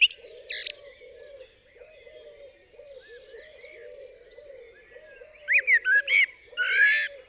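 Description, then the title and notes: Common blackbird singing: a brief phrase at the start, a long quiet gap, then fluted rising notes and a squeaky twitter near the end. A faint low wavering sound runs underneath. Singing on a studio roof in the UK, 8 April 2020 around 7am, during Covid-19 lockdown; recorded with a parabolic dish, MKH50 and MKH30 microphones in M/S to a Sonosax R4+ recorder. "Blackbird On A Still Morning. I would like to share this recording I made this morning on the 8th April 2020 around 7am. A Blackbird singing on the roof of my studio"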